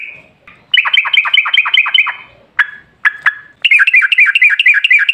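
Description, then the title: Yellow-vented bulbul in quick trills of bright downslurred notes, broken by three sharp chips before another fast chattering run. Trucukan bulbul lure with ropel ngalas style singing, used to make birds sing. "GACOR Ropel Ngalas Pancingan Trucukan Agar Bunyi Jadikan Burung Trucuk"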